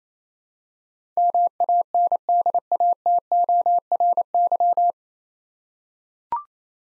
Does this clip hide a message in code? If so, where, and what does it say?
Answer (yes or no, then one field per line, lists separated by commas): yes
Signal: Morse code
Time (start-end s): 1.2-4.9 s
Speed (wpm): 28 wpm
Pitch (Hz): 700 Hz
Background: none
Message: MANDATORY